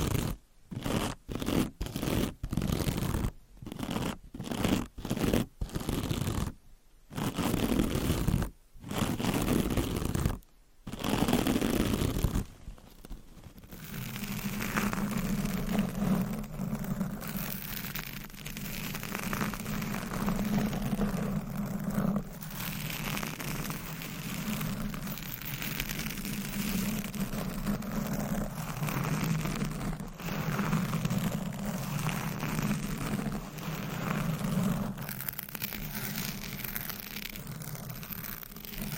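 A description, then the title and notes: Mic scratching and brushing in bursts with short silent gaps for the first 13 seconds, then a steady, lower rubbing hum continues. Mic Scratching ,Tapping,Brushing & Massage -No Talking.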